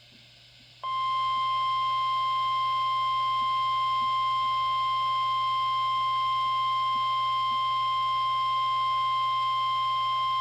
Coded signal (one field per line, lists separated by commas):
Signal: Emergency Alert System (SAME) tones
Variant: 1050 Hz attention tone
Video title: Weatheradio Canada XLF322 | November Monthly Test 2021-11-03 (EAS #70-71)